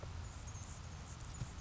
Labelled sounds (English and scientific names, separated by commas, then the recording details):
Anna's Hummingbird (Calypte anna)
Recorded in Sonoma County, California